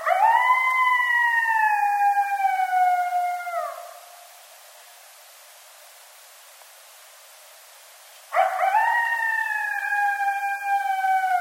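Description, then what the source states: Coyote howling: one sustained, slightly descending howl lasting nearly four seconds, a long silent gap, then another howl that starts abruptly and holds steady. Dated 30 March 2012; coyotes, plural.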